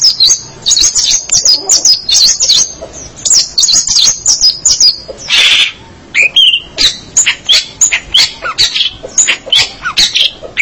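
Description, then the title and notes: Long-tailed shrike song, high, loud and varied, with quick twittering phrases, a harsh burst midway, then sharp repeated notes. Indonesian name pentet; marked 201703. "Pentet 201703. Suara burung pentet"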